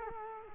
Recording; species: mosquito wingbeat signal from an infrared sensor; Culex quinquefasciatus